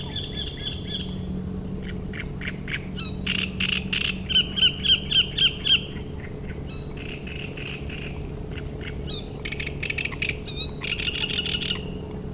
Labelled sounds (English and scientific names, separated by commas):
Great Reed Warbler (Acrocephalus arundinaceus)